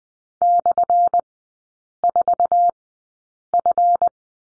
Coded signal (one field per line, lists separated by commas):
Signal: Morse code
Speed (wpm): 20 wpm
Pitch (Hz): 700 Hz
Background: none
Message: /4F